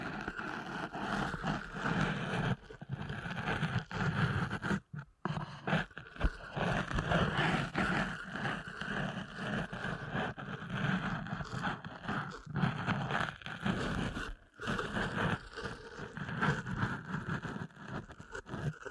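Deep ear canal massage with dense, rumbling rubbing sounds that churn continuously in the low range, overlaid with scratchy, crackling friction. The texture stays busy and uneven, broken by brief near-silent dropouts around five and fourteen seconds.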